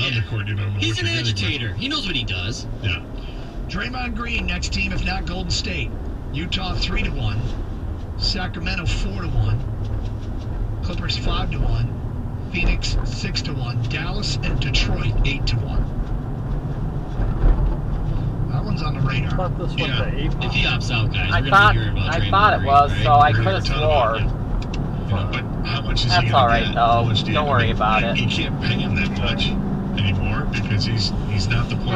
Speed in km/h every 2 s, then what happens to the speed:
0, 19, 26, 32, 35, 40, 45, 50, 55, 58, 56, 58, 63, 66, 66, 66.
0-26 pulls away to 66. 26-32 steady at about 66.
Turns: none.